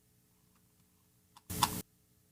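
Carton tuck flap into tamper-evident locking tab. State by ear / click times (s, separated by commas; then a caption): seated / 1.6 s. A paperboard carton's tuck flap is inserted over its built-in tamper-evident locking tab and seats with a sharp click at 1.6 s. The click sits inside a brief broadband rustle of the flap sliding in, from about 1.5 to 1.8 s, with a faint tick just before at 1.4 s. Once clicked, the flap is locked in place.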